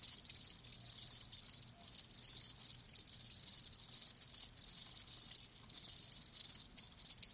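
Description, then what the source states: Cricket chorus of rapid high-pitched chirps, steady and continuous with brief dips. Live crickets chirping, a lulling song.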